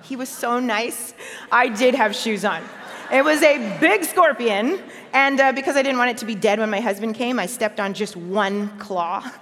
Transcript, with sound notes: He was so nice. I did have shoes on. (laughter) It was a big scorpion. And because I didn't want it to be dead when my husband came, I stepped on one claw,